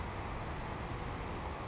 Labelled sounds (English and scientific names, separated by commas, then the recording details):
Savannah Sparrow (Passerculus sandwichensis)
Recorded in Sonoma County, California